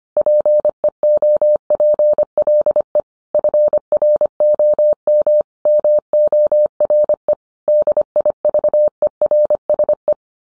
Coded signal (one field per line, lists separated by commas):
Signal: Morse code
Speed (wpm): 25 wpm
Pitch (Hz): 600 Hz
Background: none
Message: PEOPLE FROM MORE DIVERSE